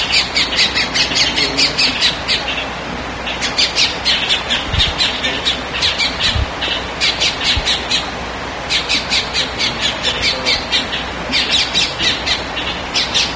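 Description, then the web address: Bird calls: grating, buzzy squawks in fast runs of several notes, separated by short gaps, with constant low hiss behind. "BIRD 2015 SABIOD"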